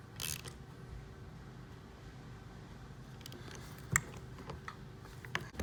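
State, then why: Stripped. Sharp metallic hits at 4.0 and 5.3 seconds sound like gear teeth jumping as the drive slips.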